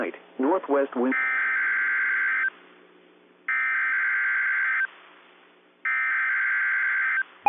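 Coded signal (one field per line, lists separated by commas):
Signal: Emergency Alert System (SAME) tones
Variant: header bursts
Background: speech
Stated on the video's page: Real Extreme Wind Warning from the National Weather Service in Tallahassee during Hurricane Helene.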